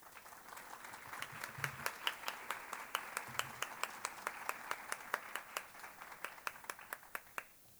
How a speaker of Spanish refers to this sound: Es para nosotros un honor, un placer, y tenemos mucha expectativa con esta presentación, por lo cual queremos recibir con un fuerte aplauso a la colega